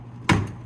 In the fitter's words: snap in like that.